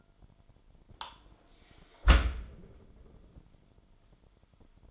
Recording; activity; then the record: daily activity, microphone in the room; close dishwasher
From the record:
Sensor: 5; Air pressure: 998.5 hPa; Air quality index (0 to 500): 80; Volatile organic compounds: 1 ppm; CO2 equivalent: 907 ppm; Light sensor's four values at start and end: 26/61/26/29 and 25/60/25/28